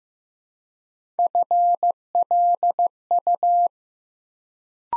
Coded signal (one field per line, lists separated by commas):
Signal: Morse code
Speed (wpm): 15 wpm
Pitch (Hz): 700 Hz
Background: none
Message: FLU